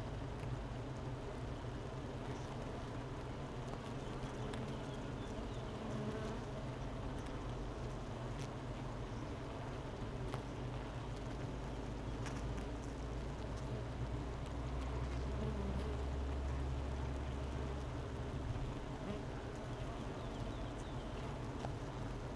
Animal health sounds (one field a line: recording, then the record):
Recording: honeybee colony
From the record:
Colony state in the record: missing queen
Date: 31 May 2018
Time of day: 11:31